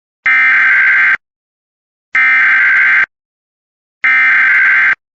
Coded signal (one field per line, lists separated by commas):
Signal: Emergency Alert System (SAME) tones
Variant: header bursts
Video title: EAS Mahoning county, OH gets double rare alerts (EVI And LAE)